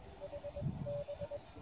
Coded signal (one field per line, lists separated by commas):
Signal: Morse code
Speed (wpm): 21 wpm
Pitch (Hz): 580 Hz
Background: none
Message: H B